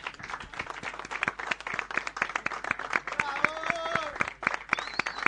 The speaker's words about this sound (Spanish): Y a los que vinieron hoy, por favor, también muchas gracias. Un aplauso entre todos, por favor.